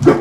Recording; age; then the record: pig call; growing-finishing pig (85 days or more)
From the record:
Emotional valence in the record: positive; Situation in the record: run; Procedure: transit